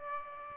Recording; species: mosquito wingbeat signal from an infrared sensor; Aedes aegypti